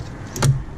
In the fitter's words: you heard it click it's in this little wire tie he just snaps back into place